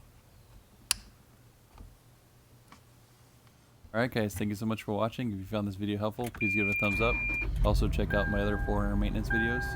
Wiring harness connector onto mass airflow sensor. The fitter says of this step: the last thing you need to do is just reattach the connector has a little tab then it'll snap into place alright